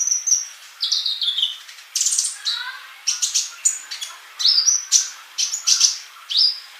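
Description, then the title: Bird song, high chirps and whistles mixed with harsher buzzy bursts, in uneven short phrases. "Kicau Burung"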